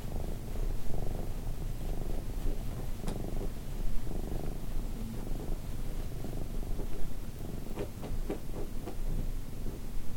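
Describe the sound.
Cat purr, low and steady with gentle pulsing swells, and a cluster of faint clicks toward the end.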